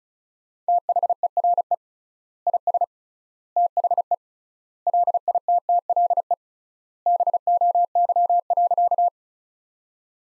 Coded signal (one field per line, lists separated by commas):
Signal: Morse code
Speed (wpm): 36 wpm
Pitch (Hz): 700 Hz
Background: none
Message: THERE IS THE LITTLE BOY.